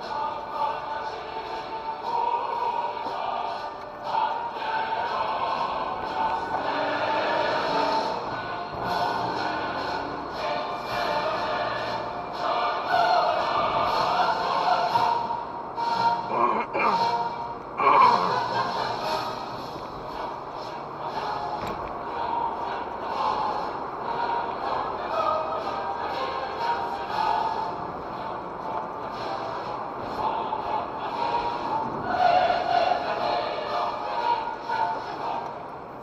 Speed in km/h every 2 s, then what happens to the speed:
46, 35, 29, 33, 46, 53, 54, 50, 46, 47, 48, 57, 57, 55, 58, 57, 47, 37.
0-4 brakes to 29. 4-12 speeds up to 54. 12-17 slows to 46. 17-22 speeds up to 57. 22-29 steady at about 57. 29-36 brakes to 37.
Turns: none.